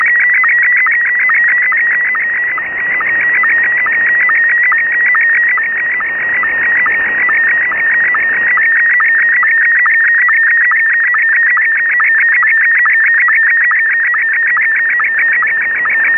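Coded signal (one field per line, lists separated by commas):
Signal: SSTV (slow-scan television)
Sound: steady warbling tone with rapid regular low blips, several per second, throughout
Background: radio static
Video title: A complete SSTV QSO in 5 parts using RTL-SDR and QSSTV - Part 5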